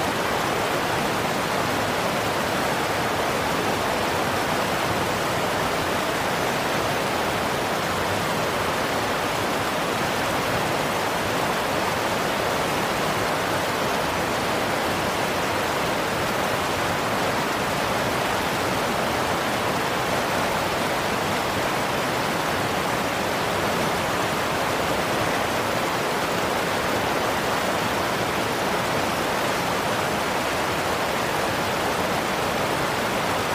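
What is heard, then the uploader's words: A river rushes steadily and densely, a constant bright hiss of flowing water with no distinct events or changes throughout. River Sounds For Sleeping, Studying Or Relaxation.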